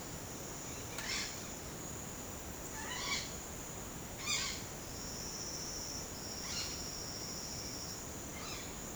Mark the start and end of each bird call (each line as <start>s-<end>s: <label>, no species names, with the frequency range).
0.88s-1.43s: bird call (0.9-7.5 kHz)
2.85s-3.29s: bird call (0.9-7.7 kHz)
4.15s-4.57s: bird call (0.9-8.9 kHz)
6.28s-6.71s: bird call (1.0-8.2 kHz)
8.35s-8.73s: bird call (1.2-6.5 kHz)